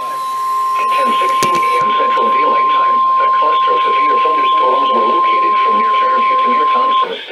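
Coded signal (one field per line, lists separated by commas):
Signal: Emergency Alert System (SAME) tones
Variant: 1050 Hz attention tone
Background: speech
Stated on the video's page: NOAA Weather Radio alerts.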